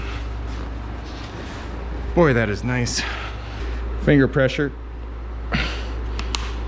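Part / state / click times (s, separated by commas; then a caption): unspecified part being fitted on the car / seated / 6.3 s. An unspecified part is pushed home with finger pressure on a Ford Taurus after some slack is worked into it, while someone talks over a steady low hum. A sharp click at 6.4 s shows the part has seated.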